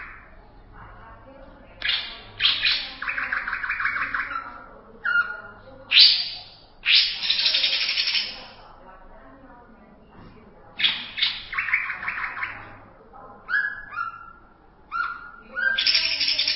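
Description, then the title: Greater green leafbird song of varied harsh chatters and rattles in irregular bursts, with several pauses between phrases. "Cucak ijo"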